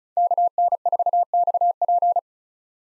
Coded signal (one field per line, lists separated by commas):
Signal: Morse code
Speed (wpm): 36 wpm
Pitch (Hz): 700 Hz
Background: none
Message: KN4XP